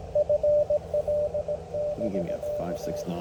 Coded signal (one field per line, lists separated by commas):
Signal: Morse code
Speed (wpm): 18 wpm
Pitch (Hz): 590 Hz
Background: speech, radio noise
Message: FL<BK>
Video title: W3GTR Takes the One Pound POTA Challenge